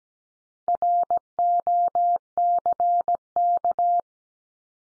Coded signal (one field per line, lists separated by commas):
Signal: Morse code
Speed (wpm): 17 wpm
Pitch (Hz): 700 Hz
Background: none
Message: ROCK